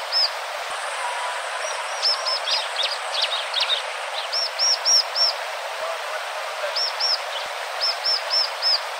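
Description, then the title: Bar-winged prinia delivering short bursts of high, clear looped notes, two to four at a time, plus a cluster of sharp scratchy chirps, over steady noise. "ciblek"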